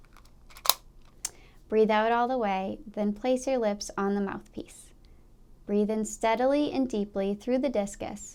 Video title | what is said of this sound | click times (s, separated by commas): Using Devices to Manage Allergic Diseases | hold the disc as level and slide the lever away from you as far as it will go until it clicks | 0.7 s